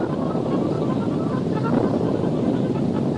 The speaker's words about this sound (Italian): Il 23 novembre 1980 alle 19.34 Radio Alfa 102 ad Avellino sta registrando delle basi musicali. Questo boato che sentite è il terremoto e la sua voce.